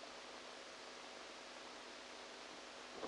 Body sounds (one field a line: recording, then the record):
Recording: brain microelectrode recording played as sound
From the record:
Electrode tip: outside the subthalamic nucleus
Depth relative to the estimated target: -10 mm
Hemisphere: right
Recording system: NeuroSet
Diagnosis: Parkinson's disease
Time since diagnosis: 14 years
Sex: male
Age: 51 years